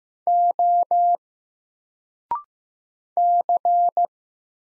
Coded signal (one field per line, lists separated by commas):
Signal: Morse code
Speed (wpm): 15 wpm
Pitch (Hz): 700 Hz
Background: none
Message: O C